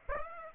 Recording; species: mosquito wingbeat signal from an infrared sensor; Aedes aegypti